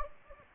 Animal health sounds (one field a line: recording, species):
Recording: mosquito wingbeat signal from an infrared sensor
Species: Anopheles gambiae